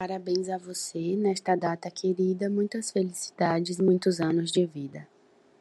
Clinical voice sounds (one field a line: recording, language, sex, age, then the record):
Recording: short text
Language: Brazilian Portuguese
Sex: female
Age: 20 to 29 years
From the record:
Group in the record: control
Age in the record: 23 years